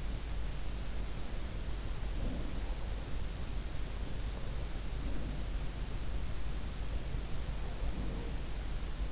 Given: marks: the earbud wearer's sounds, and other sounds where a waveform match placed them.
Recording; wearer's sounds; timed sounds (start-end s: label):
sounds in sleep by an in-ear microphone; breath
2.18-2.72 s: breath
5.00-5.51 s: breath
7.87-8.38 s: breath